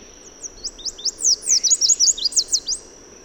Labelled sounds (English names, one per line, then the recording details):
Chestnut-capped Warbler song
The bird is a male
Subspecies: delattrii
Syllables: 14
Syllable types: 7
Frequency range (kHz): 2.9-8.5 kHz
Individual MA-D32-M